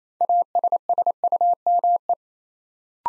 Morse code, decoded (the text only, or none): ASSUME